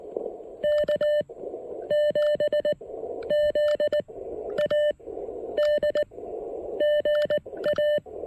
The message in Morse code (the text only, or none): K7ZAD GA